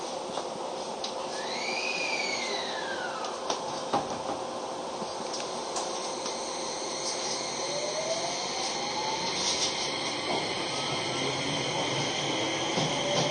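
Inside a commuter train, steady loud rumble fills the cabin while motor whines sweep up and fade early on, another rising tone near eight seconds.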